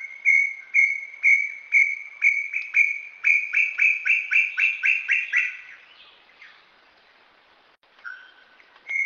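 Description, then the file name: Brown tinamou song: evenly spaced whistles quicken and climb in pitch, then the series breaks into a falling, fading run before silence and a new note at the end. "Canto do inhambuguacu"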